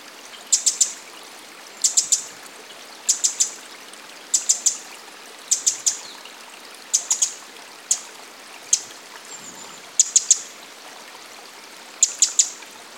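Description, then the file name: Eurasian wren calls: hard, high ticking notes, singly or in tight bursts of up to four, repeated roughly every second, over a steady soft hiss. "Troglodytes troglodytes"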